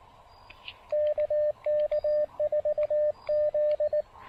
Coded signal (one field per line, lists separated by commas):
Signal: Morse code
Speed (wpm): 18 wpm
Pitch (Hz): 590 Hz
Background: radio noise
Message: KK4Z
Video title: POTA Activation with the Elecraft KX2 and a Stolen Antenna! (Plus, bonus canine guests!)